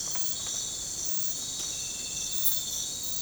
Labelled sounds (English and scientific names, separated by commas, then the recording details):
none
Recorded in pastures near Puerto Asís, Putumayo, Colombia, on 20 December 2024 at 04:30
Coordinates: 0.466, -76.322
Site G040